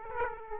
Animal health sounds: mosquito wingbeat signal from an infrared sensor; Aedes aegypti

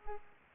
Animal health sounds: mosquito wingbeat signal from an infrared sensor; Culex pipiens

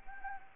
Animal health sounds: mosquito wingbeat signal from an infrared sensor; Anopheles gambiae

